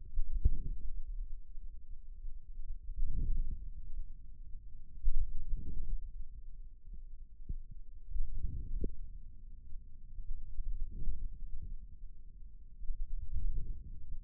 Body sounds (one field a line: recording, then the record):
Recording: forearm muscle sounds (acoustic myography)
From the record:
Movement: hand closing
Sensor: system 2, bracelet of six BSWA MPA416 microphones around the upper forearm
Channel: 4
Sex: male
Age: 22 years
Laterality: right